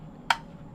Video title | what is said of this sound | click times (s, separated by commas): DJI Neo Review After One Week Flying | snap you get an audible snap and a tactile snap so you know your batter is well connected | 0.3 s